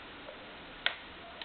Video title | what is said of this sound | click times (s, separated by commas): Rolleiflex SL66 operation and features | You hear that little click, means it's reached the end of its extension. | 0.9 s